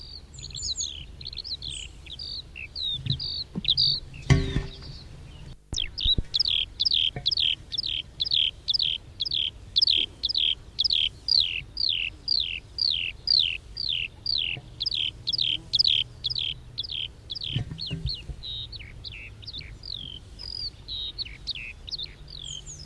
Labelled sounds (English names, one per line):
Eurasian Skylark flight song